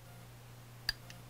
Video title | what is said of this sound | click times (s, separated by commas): Complete Glock Disassembly | and if you listen you'll be able to hear that spring click into place against that flat on it | 0.9 s